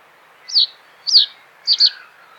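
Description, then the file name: Reed bunting song, three brief high notes spaced about half a second apart, the last one doubled, over a steady soft hiss. "ovsjanka kamyshovaja"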